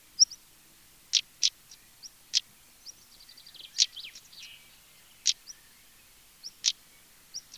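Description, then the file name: European stonechat calling, hard clicking 'tsak' notes at irregular intervals mixed with short, thin rising whistles, and a brief burst of quieter twittering midway. "Tarier patre"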